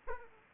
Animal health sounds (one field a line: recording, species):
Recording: mosquito wingbeat signal from an infrared sensor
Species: Aedes aegypti